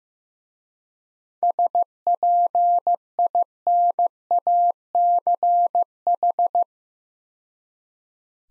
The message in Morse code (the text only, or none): SPINACH